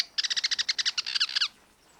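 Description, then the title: Black-crested tit-tyrant uttering one fast rattle of many short chip notes lasting over a second, light background hiss. "Black-crested Tit-Tyrant (Anairetes nigrocristatus)"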